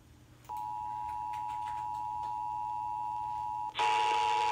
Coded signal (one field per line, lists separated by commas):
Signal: Emergency Alert System (SAME) tones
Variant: 853 and 960 Hz attention tone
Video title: NOAA Weather Radio - KKLQ Flash Flood Warning (Hurricane Hilary)